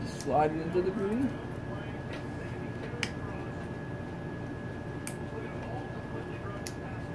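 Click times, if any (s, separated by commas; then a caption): 3.0 s. A wire circlip is pushed into the piston pin bore groove of the piston inside the engine of a 2021–2025 Kawasaki KX450 during a top end rebuild. Someone talks at the start, then a sharp click at 3.0 s marks the circlip popping into its groove, followed by two fainter clicks. The circlip is seated and confirmed.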